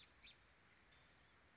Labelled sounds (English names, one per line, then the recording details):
American Robin
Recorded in Sonoma County, California